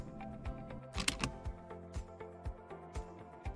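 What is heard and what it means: A vehicle seat belt tongue is pushed into its buckle while installing a Graco Slim Fit LX 3-in-1 car seat in forward-facing mode. A single sharp click at 1.1 s, with smaller ticks just before and after, stands out over steady background music. The buckle latches.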